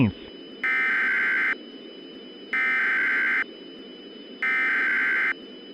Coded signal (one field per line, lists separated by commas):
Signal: Emergency Alert System (SAME) tones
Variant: header bursts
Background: speech